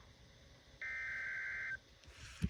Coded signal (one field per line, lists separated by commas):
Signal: Emergency Alert System (SAME) tones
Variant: header bursts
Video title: Hurricane Milton's Alerts | TH and Partial DH with SOOO MUCH TORNADO WARNINGS! | EAS #6-25/WEA #1-2